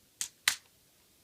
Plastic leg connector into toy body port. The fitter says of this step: you're going to bring these down and they're going to snap right in